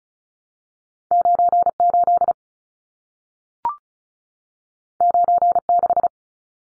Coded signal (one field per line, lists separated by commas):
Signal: Morse code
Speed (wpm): 36 wpm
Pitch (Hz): 700 Hz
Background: none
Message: 98 96